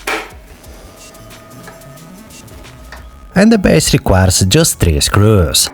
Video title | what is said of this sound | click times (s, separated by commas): TITAN ARMY 32 Inch 240Hz Gaming Monitor - Unboxing, Review And Test | for we have to attach the monitor stand it easily clicks into place just like that | 0.1 s